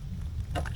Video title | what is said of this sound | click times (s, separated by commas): How to Grease Boat Trailer Wheel Bearings — Step by Step | this will just push on there real nice. You should feel it click, and you want to hold it tight up against there while you do this, | 0.6 s, 0.7 s